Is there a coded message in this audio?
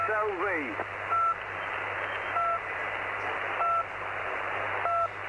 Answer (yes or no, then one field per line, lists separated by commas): no